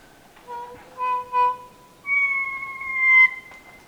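Kokako song: a few rich, held organ-like notes, the last one long and drawn out.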